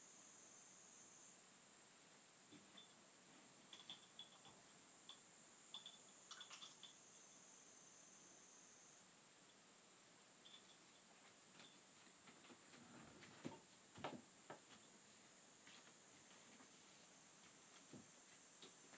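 Everyday household sounds: a steady, bright, high-pitched whine or hiss runs through the whole recording, stepping up slightly in pitch around two seconds. Faint scattered clicks and small knocks occur now and then, with a cluster of sharper taps between thirteen and fifteen seconds.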